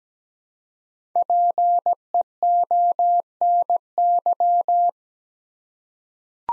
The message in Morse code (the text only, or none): PEONY